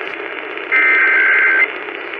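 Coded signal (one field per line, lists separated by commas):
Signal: Emergency Alert System (SAME) tones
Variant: header bursts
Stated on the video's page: EAS tones from a compilation of West Coast station alerts and tests during June 2020.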